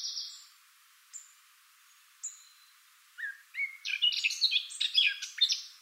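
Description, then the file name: Eurasian blackcap song over a steady hiss: a few isolated high notes spaced out, then a rapid rising burst of bright, varied warbling. "Sylvia atricapilla"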